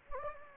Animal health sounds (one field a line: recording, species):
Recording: mosquito wingbeat signal from an infrared sensor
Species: Anopheles gambiae